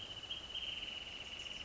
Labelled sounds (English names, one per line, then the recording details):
Wrentit
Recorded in Sonoma County, California